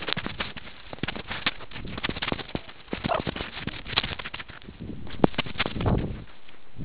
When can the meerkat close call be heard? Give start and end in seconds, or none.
3.06-3.19